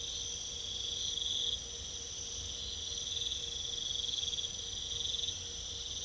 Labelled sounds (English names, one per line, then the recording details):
none
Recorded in pastures near Puerto Asís, Putumayo, Colombia, on 22 December 2024 at 00:00
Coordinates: 0.486, -76.323
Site GP01